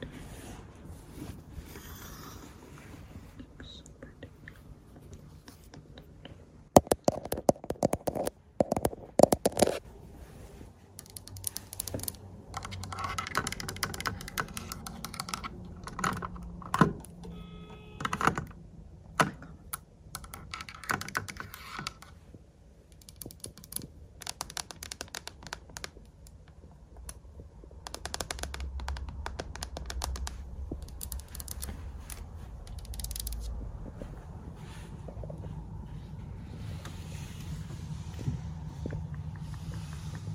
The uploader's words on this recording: ASMR Hotel Room Tour ~ Lens Tapping & Scratching in Berlin.